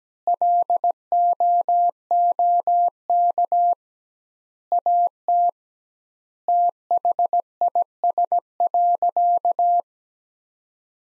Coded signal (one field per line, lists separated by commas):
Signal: Morse code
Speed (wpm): 17 wpm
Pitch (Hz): 700 Hz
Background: none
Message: LOOK AT THIS.